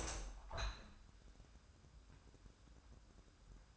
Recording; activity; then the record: daily activity, microphone in the room; open window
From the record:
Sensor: 2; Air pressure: 997.9 hPa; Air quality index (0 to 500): 128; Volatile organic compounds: 3 ppm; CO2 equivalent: 1439 ppm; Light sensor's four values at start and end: 11/32/13/12 and 11/32/13/12